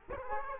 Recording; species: mosquito wingbeat signal from an infrared sensor; Culex quinquefasciatus